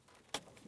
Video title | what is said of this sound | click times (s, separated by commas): How to Replace Vapor Canister Purge Solenoid Valve 2007-2014 GMC Sierra 2500 HD | Press it in. Listen for a click. | 0.3 s